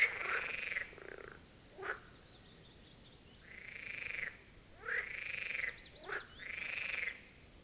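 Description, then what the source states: Marsh frogs giving long rattling croaks separated by pauses, with brief sharp calls in between. Chorus of marsh frogs at the Birkensee in Schönbuch, Germany, recorded on one of the first hot summer days of 2023.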